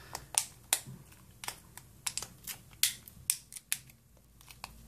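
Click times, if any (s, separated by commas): 0.4 s, 0.7 s, 2.1 s, 2.8 s, 3.3 s, 3.7 s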